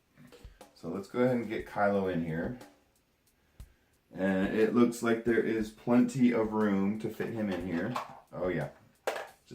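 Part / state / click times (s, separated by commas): action figure into toy starship cockpit / seated / 9.1 s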